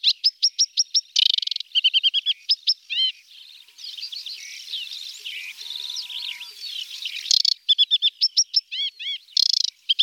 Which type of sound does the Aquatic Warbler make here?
song